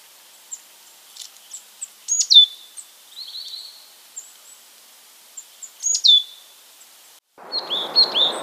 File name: periparus rubidiventris